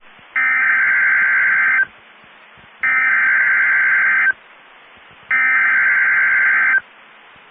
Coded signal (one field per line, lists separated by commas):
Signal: Emergency Alert System (SAME) tones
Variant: header bursts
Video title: Severe Thunderstorm Watch & Warning (EAS 1910 & 1911) 6/7/22